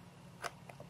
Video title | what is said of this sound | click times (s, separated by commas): Upgrade the Ram in White Macbook to 8GB | and you're just going to want to push down with a firm pan not too firm you might break the ram but just push down you should have a little click | 0.5 s